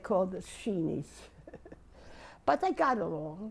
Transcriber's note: she laughs